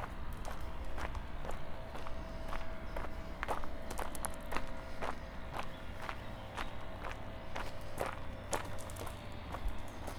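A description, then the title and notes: Footsteps on a walk through Tivoli Park toward the city in Ljubljana, landing in a steady, unhurried rhythm of crisp, gritty steps about every half second. A constant low rumble and a faint steady hum run underneath throughout. Out of the Woods, Into the City. A walk from the top of Tivoli Park to Prešernova Cesta in Ljubljana, Slovenia.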